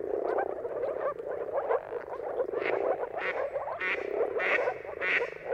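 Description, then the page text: Moor frog chorus of soft bubbling notes, with a few louder, higher rasping calls breaking through in the second half. Moor frogs in a mating chorus at sunrise, heard at the turn of March and April depending on the weather. "Dawn’s Chorus: Mating Calls of Marsh Frogs at Sunrise. Depending on the weather at the turn of March and April, you can witness an amazing spectacle of moor frogs. Jakub Orzecki"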